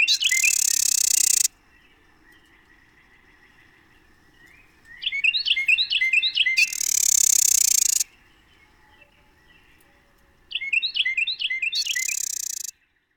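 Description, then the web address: Carolina wren song: rapid repeated rolling phrases in two bursts, each followed by a loud burst of hissing noise, with another hiss burst at the start. "Songs of Birds of North America Know Your Bird Sounds. Carolina Wren"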